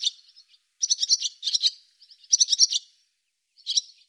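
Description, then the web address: Barn swallow calls: short, irregular bursts of rapid high chirps, with faint softer notes between them. "cianscape birddata Deverinetal 2025"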